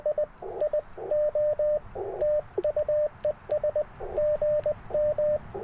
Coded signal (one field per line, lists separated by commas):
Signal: Morse code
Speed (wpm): 20 wpm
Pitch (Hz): 600 Hz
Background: radio noise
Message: IIO TU ES GM